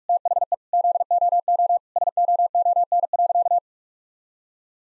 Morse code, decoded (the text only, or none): THE ZOO SOON.